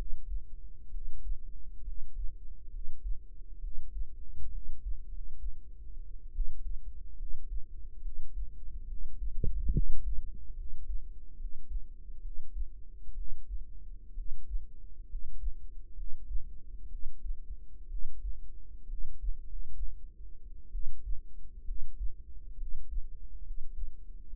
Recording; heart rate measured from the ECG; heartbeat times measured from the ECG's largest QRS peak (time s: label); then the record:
heart sounds by microphone in the right ear; 67 bpm
0.88 s: heartbeat
1.81 s: heartbeat
2.68 s: heartbeat
3.58 s: heartbeat
4.48 s: heartbeat
5.06 s: heartbeat
6.30 s: heartbeat
7.14 s: heartbeat
7.99 s: heartbeat
8.84 s: heartbeat
9.69 s: heartbeat
10.52 s: heartbeat
11.34 s: heartbeat
12.19 s: heartbeat
13.12 s: heartbeat
14.12 s: heartbeat
15.04 s: heartbeat
15.92 s: heartbeat
16.86 s: heartbeat
17.86 s: heartbeat
18.85 s: heartbeat
19.42 s: heartbeat
20.69 s: heartbeat
21.62 s: heartbeat
22.54 s: heartbeat
23.40 s: heartbeat
24.27 s: heartbeat
From the record:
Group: healthy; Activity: cold pressor test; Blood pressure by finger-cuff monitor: 119/74 mmHg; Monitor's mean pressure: 87 mmHg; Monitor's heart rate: 65 bpm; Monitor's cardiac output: 5.3 L/min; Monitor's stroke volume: 81 mL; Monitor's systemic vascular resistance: 1190 dyn s/cm5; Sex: female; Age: 22 years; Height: 171 cm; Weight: 65.6 kg